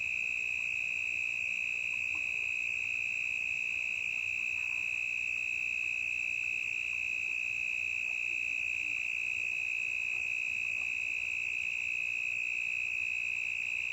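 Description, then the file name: Cricket chirping, a dense continuous high trill held steadily throughout with no break. Intense cricket in a forest, stereo recording. "Grilo intenso na mata"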